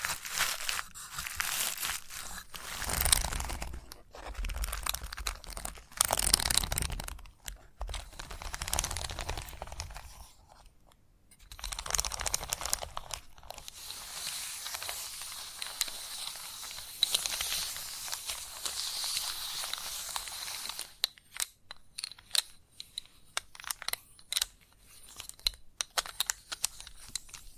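Chalk is scratched, tapped and carved in dense, crunchy bursts, with bright gritty scraping through most of the clip. A brief quiet gap comes near ten seconds, and after about twenty-one seconds the sound breaks into sharper separate taps and short scrapes.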